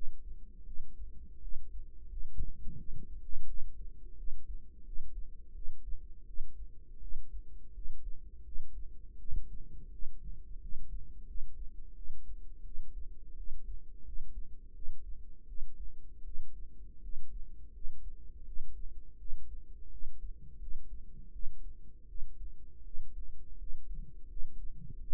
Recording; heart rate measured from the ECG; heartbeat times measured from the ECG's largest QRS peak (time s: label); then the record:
heart sounds by microphone in the right ear; 84 bpm
0.64 s: heartbeat
1.40 s: heartbeat
2.07 s: heartbeat
2.76 s: heartbeat
3.45 s: heartbeat
4.15 s: heartbeat
4.83 s: heartbeat
5.52 s: heartbeat
6.25 s: heartbeat
6.99 s: heartbeat
7.72 s: heartbeat
8.43 s: heartbeat
9.16 s: heartbeat
9.90 s: heartbeat
10.59 s: heartbeat
11.25 s: heartbeat
11.94 s: heartbeat
12.63 s: heartbeat
13.35 s: heartbeat
14.03 s: heartbeat
14.72 s: heartbeat
15.45 s: heartbeat
16.22 s: heartbeat
17.00 s: heartbeat
17.71 s: heartbeat
18.44 s: heartbeat
19.16 s: heartbeat
19.89 s: heartbeat
20.58 s: heartbeat
21.31 s: heartbeat
22.06 s: heartbeat
22.82 s: heartbeat
23.56 s: heartbeat
24.26 s: heartbeat
24.99 s: heartbeat
From the record:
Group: healthy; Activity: rest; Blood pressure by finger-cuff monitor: 76/54 mmHg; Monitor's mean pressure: 61 mmHg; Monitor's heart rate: 83 bpm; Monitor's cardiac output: 6.4 L/min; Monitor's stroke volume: 77 mL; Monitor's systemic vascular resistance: 670 dyn s/cm5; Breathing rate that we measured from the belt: 20 breaths a minute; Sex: female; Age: 19 years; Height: 163 cm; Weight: 48.9 kg